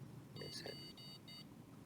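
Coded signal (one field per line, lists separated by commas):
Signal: beep code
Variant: Keysight N6841A RF sensor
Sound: four quick electronic beeps in a row, slightly buzzy, the second a bit longer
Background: small room background noise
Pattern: 4 short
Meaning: The sensor has finished booting and is up and running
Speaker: There we go. You can hear another string of beep.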